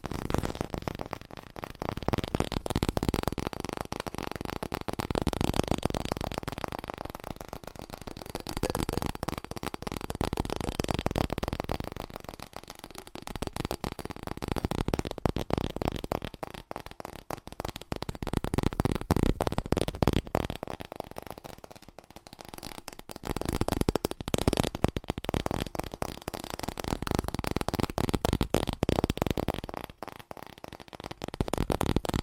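Fast tapping runs through the whole recording as a dense, rapid stream of short clicks with no real pauses. The rhythm is quick and slightly uneven, and the loudness swells and dips in waves every few seconds, with a brief drop just after 30 seconds.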